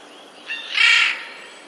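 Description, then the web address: Eurasian jay calling, a brief soft note followed by one harsh, grating screech. Recorded 11 April 2021; labelled as a warning call. "wroblowe ostrzegator sojka 11 04 2021"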